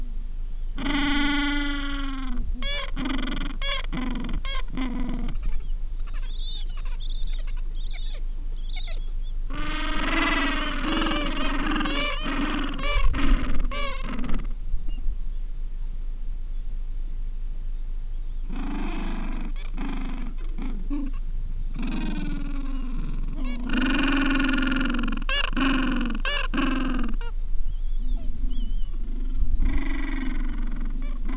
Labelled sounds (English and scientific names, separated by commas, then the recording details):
Gentoo Penguin (Pygoscelis papua)
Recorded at the colony at Ocean Harbour, on 7 January 2016
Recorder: Song Meter SM2+